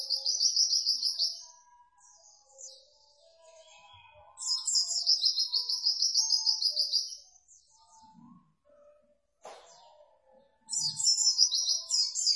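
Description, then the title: White-eye song: long bursts of rapid high twittering separated by quiet gaps, with soft lower notes scattered between. Masteran (tutor) recording for training cage birds; pleci white-eye singing in gacor (vigorous, continuous) style. "Pleci Gacor. Masteran Burung PLECI"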